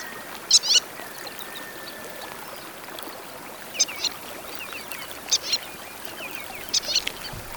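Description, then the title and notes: White-tailed Lapwing calls, short high sharp notes in a few brief bursts with gaps between, over a steady rushing background like running water. Xeno-canto recording XC37617 by David Farrow. "Xeno-Canto: Sumpvipa (Vanellus leucurus), David Farrow"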